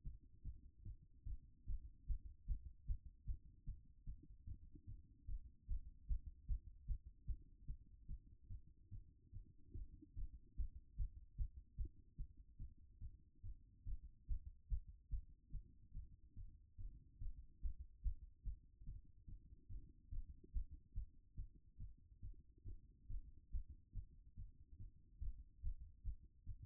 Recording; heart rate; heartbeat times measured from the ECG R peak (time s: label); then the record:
heart sounds by stethoscope; 144 bpm
0.03 s: heartbeat
0.43 s: heartbeat
0.83 s: heartbeat
1.24 s: heartbeat
1.65 s: heartbeat
2.06 s: heartbeat
2.46 s: heartbeat
2.86 s: heartbeat
3.25 s: heartbeat
3.65 s: heartbeat
4.05 s: heartbeat
4.45 s: heartbeat
4.85 s: heartbeat
5.26 s: heartbeat
5.67 s: heartbeat
6.07 s: heartbeat
6.47 s: heartbeat
6.86 s: heartbeat
7.26 s: heartbeat
7.66 s: heartbeat
8.07 s: heartbeat
8.48 s: heartbeat
8.90 s: heartbeat
9.31 s: heartbeat
9.73 s: heartbeat
10.15 s: heartbeat
10.56 s: heartbeat
10.96 s: heartbeat
11.36 s: heartbeat
11.76 s: heartbeat
12.16 s: heartbeat
12.57 s: heartbeat
12.99 s: heartbeat
13.42 s: heartbeat
13.84 s: heartbeat
14.27 s: heartbeat
14.68 s: heartbeat
15.09 s: heartbeat
15.51 s: heartbeat
15.92 s: heartbeat
16.34 s: heartbeat
16.76 s: heartbeat
17.19 s: heartbeat
17.61 s: heartbeat
18.02 s: heartbeat
18.43 s: heartbeat
18.85 s: heartbeat
19.26 s: heartbeat
19.68 s: heartbeat
20.10 s: heartbeat
20.52 s: heartbeat
20.94 s: heartbeat
21.35 s: heartbeat
21.78 s: heartbeat
22.21 s: heartbeat
22.64 s: heartbeat
23.07 s: heartbeat
23.50 s: heartbeat
23.93 s: heartbeat
24.35 s: heartbeat
24.77 s: heartbeat
25.20 s: heartbeat
25.62 s: heartbeat
26.03 s: heartbeat
26.45 s: heartbeat
From the record:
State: after exercise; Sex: female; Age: 25 years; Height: 169 cm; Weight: 64 kg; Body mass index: 22.41